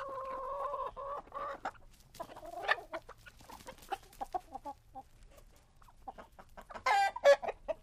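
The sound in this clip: Chicken giving a long droning note, then irregular clucks, followed by a loud burst of harsh squawking calls near the end.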